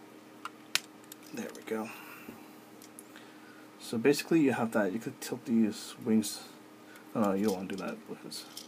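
The plastic front-wing connecting piece on the second side of a Transformers Generations Powerdive transforming figure is pushed up into the figure's body until it locks, with a sharp click at 0.8 s and a few faint taps after it. Someone then talks over the rest of the clip, and the wing piece is seated.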